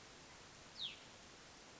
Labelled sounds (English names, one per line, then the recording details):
Hutton's Vireo
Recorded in Sonoma County, California